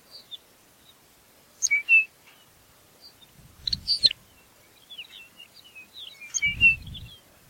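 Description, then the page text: Lapland longspur calls: paired whistled notes and high chips, ending in a quick run of twittering notes, with low rumbling bursts. "Ryan P. O'Donnell - Лапландский подорожник (Calcarius lapponicus)"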